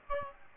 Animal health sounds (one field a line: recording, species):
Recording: mosquito wingbeat signal from an infrared sensor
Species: Aedes aegypti